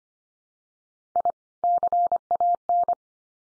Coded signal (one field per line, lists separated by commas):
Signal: Morse code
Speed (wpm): 25 wpm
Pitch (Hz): 700 Hz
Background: none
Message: I CAN